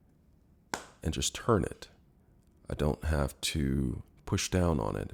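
A plastic child-resistant push-and-turn cap is put on a medicine bottle and turned to close, with a sharp click at 0.7 s as it locks into place without being pushed down, making it secure from children. Someone talks throughout.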